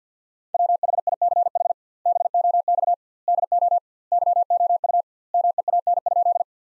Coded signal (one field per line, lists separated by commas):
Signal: Morse code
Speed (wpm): 50 wpm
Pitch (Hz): 700 Hz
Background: none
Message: WHICH BOX DO YOU MEAN?